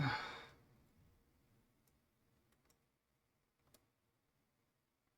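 A plastic part of a U-boat scale model kit is handled during assembly, but it has not yet snapped or seated into place. A loud breathy sigh opens the clip, followed by quiet handling with faint ticks around 2.7 s and a small sharp tick at 3.7 s. Someone talks briefly.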